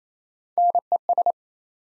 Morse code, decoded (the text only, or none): NES